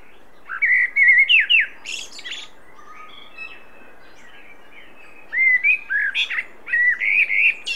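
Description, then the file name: Common blackbird song: a phrase of fluty warbles and squeaky high notes, then a pause, then a longer, varied phrase of whistles. "Turdus merula"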